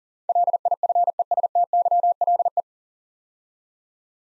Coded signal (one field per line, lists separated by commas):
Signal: Morse code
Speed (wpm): 43 wpm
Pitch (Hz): 700 Hz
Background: none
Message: LIFESTYLE